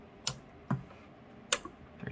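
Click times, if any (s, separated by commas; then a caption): 0.3 s, 1.5 s. The second RAM stick is lined up with the motherboard memory slot and pushed down until both plastic side latches click. Sharp clicks are heard at 0.3 s and 1.5 s, with a duller knock around 0.7 s and faint taps near the end. Both latches snap shut and the RAM module sits firmly seated in the slot.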